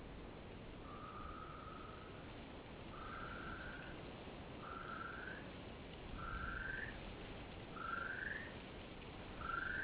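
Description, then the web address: Great spotted kiwi giving a series of six drawn-out whistles, each rising slightly in pitch, the later ones climbing more steeply, over steady background noise. Duet. "Great spotted kiwi GSK-duet. Sandy"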